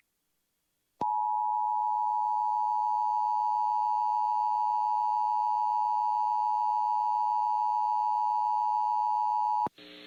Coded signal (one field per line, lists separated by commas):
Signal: Emergency Alert System (SAME) tones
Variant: 853 and 960 Hz attention tone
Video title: Tornado Warnings - EAS #1,282 - 1,312 - 4/9/15